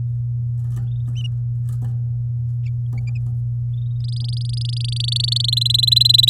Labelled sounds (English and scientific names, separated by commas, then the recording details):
Domestic Canary (Serinus canaria) song
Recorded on 10 May 2018 at 07:23
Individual llb16